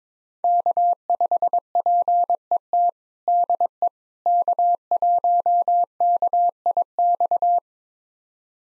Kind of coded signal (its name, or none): Morse code